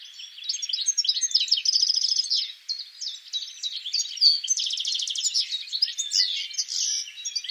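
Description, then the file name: European goldfinch in a continuous stream of liquid twitters, rapid trilled phrases and buzzy notes, with a short lull early on before the chatter resumes. "Carduelis carduelis"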